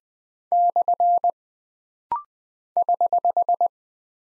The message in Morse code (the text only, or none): / <HH>